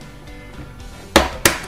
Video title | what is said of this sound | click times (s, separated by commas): Ikea EKET Cabinet Wall Mounting and Eket Assembly Video with Rail Hanging | there you go two clicks and you're in all right | 1.2 s, 1.5 s